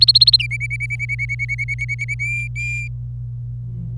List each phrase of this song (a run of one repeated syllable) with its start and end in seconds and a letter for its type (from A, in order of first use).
0.01-0.36 A, 0.39-2.15 B, 2.19-2.88 C